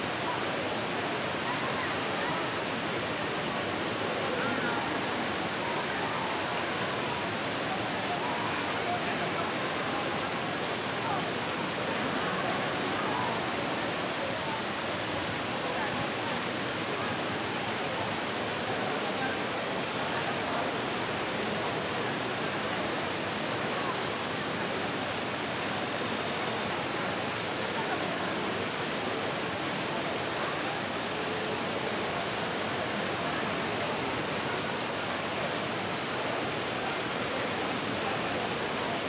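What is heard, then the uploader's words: A fountain splashes steadily, its falling water making a dense, hissing rush that spreads from a low rumble up to bright spray. The sound holds at an even level for the whole time, with no pauses or distinct events standing out. Fountain in the Middle of Rome.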